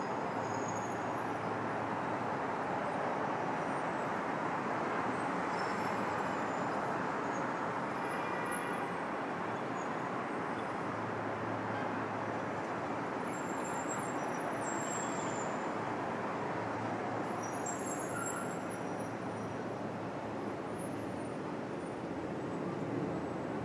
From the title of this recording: Park Ave NYC